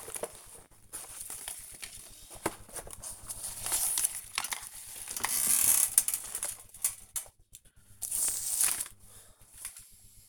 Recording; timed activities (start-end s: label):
household activities, microphone on the right wrist
0.00-10.29 s: sorting documents